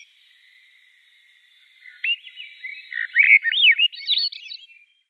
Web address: Schulze Peter Veery song